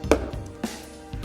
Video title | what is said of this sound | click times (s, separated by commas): Wedding head table centerpiece with candles | hearing those two pops on the locking bracket ensure that it's tightly and securely in place and | 0.1 s